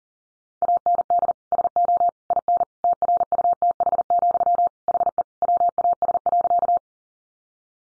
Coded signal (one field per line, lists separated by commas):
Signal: Morse code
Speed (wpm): 40 wpm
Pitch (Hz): 700 Hz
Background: none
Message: AND SO IN TRUTH, HE WAS.